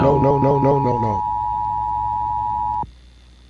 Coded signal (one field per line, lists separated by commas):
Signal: Emergency Alert System (SAME) tones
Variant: 853 and 960 Hz attention tone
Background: speech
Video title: Diesel Takes a Shower and Go Animate Short - EAS 2